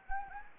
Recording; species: mosquito wingbeat signal from an infrared sensor; Anopheles gambiae